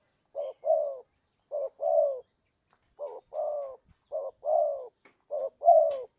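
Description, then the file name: Spotted dove giving paired coos, a brief note then a drawn-out descending coo, five pairs at steady spacing over a quiet background. "tekukur"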